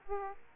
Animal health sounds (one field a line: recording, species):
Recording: mosquito wingbeat signal from an infrared sensor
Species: Aedes aegypti